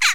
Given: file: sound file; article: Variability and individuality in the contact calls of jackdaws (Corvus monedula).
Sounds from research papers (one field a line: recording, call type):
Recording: jackdaw call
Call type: harmonic